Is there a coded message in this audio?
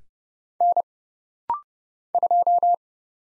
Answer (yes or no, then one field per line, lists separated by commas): yes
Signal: Morse code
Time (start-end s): 0.6-2.7 s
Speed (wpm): 29 wpm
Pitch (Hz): 700 Hz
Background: none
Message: N 2